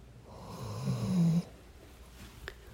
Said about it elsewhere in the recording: The dog. I'm going to see if I can get him to snore.